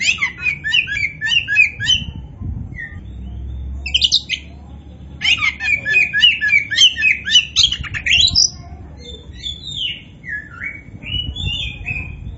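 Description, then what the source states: Oriental magpie-robin pouring out rapid chattering and whistled song in dense bursts, with some low background rumble. Kacer Poci variety, described as gacor, singing actively and vigorously.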